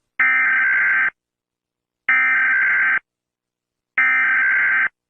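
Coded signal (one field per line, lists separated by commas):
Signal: Emergency Alert System (SAME) tones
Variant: header bursts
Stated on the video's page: SAME tones in a fictional EAS scenario, not a real alert.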